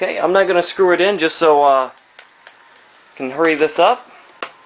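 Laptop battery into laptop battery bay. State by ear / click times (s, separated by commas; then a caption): not seated / none. Someone talks while handling a laptop battery to push it back into its laptop battery bay without touching the release levers, and brief faint taps are heard around 2.2 s and 2.5 s, with a sharper one at 4.4 s. The battery has not seated or clicked into the bay yet.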